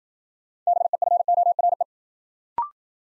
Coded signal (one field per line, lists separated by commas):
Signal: Morse code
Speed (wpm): 53 wpm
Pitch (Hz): 700 Hz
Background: none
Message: BEFORE